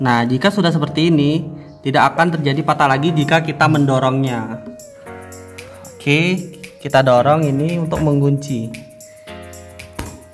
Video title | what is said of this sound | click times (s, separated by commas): Mengetahui fungsi komponen-komponen yang ada di PC, serta Proses perakitan yang baik dan benar! | Ada bunyinya teman-teman. Sampai terdengar bunyi klik. Gitu. | 10.0 s